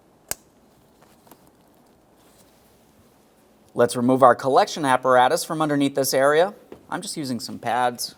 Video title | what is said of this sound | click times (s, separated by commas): How to Replace Brake Master Cylinder 2014-2019 Toyota Corolla | Press it in. Listen for a click from that. | 0.3 s